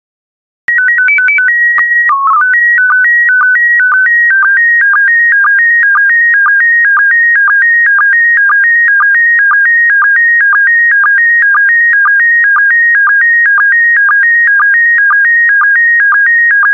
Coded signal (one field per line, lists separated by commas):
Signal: SSTV (slow-scan television)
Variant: PD 120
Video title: 84021 Roses by Diane Rose Therrien SSTV PD120